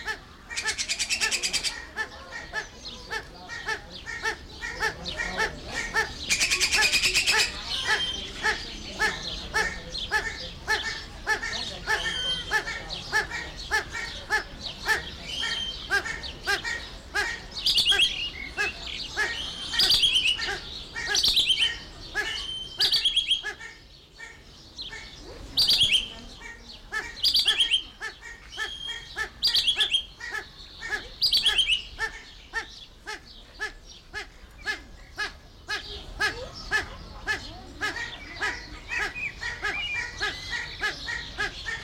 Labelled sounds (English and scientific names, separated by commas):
Common Green Magpie (Cissa chinensis)